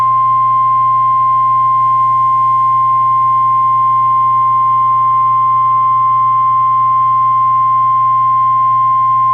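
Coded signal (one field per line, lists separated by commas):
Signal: Emergency Alert System (SAME) tones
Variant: 1050 Hz attention tone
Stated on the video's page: Parody EAS tornado warning based on a film, fictional.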